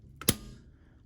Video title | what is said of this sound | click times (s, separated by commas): How to Install Zebra ZT400 Series DPI Conversion Kit | we're gonna be sliding them towards the front of the printer until you hear the click just like that | 0.2 s, 0.3 s